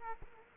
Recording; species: mosquito wingbeat signal from an infrared sensor; Culex quinquefasciatus